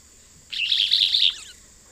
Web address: Natures Songs S America Eastern Lowlands Euphonia rufiventris, song or calls male